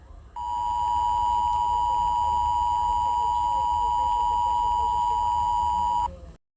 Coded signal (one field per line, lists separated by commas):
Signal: Emergency Alert System (SAME) tones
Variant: 853 and 960 Hz attention tone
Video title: EAS SCENARIO 1: Inner Flame Candle Invasion